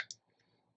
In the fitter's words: can kind of hear it click in um